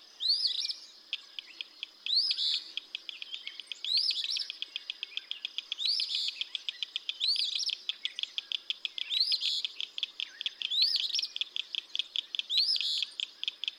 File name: Eastern Phoebe